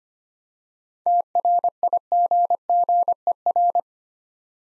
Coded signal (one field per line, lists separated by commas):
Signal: Morse code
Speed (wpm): 25 wpm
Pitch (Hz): 700 Hz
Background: none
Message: TRIGGER